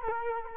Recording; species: mosquito wingbeat signal from an infrared sensor; Culex quinquefasciatus